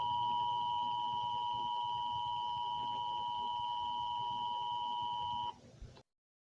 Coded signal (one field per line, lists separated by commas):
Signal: Emergency Alert System (SAME) tones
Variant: 853 and 960 Hz attention tone